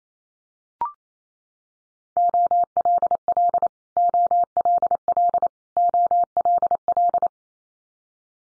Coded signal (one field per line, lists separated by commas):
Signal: Morse code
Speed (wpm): 28 wpm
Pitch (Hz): 700 Hz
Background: none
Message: OLL OLL OLL